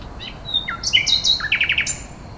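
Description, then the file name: Common nightingale in a short varied burst: whistled slurs, a buzzy flourish, and a quick run of four or five repeated notes. "rossignol"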